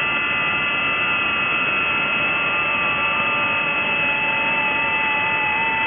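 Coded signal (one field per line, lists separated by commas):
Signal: FT8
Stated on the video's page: 30m FT8 signal from Socotra Island, Yemen, 4180 miles (6727 km) away, a new DXCC entity.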